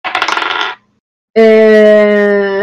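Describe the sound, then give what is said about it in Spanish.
Two twenty-sided dice, rolled for two spell attacks, clatter in a quick rattling burst of rapid taps, then stop. After a short silence, a loud, steady ringing tone with a rich harmonic hum holds for over a second. “Vale, pues tírame dos ataques.”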